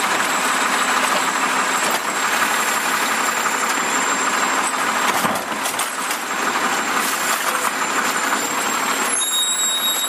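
A garbage truck runs steadily, a dense grinding engine roar with a faint high whine held throughout. Around five seconds a brief dip and scrape break the texture, and near nine seconds a new thin tone appears as the noise shifts.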